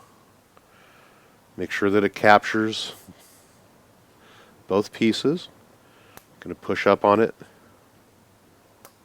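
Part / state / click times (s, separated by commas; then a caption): air filter housing onto an RC car chassis mount / seated / 8.8 s. Someone talks while swinging the plastic air filter housing of an HPI Baja 5SC SS RC car into position and pushing it up onto its chassis mount. A sharp snap at 8.9 seconds marks the housing seating into place.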